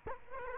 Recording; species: mosquito wingbeat signal from an infrared sensor; Culex quinquefasciatus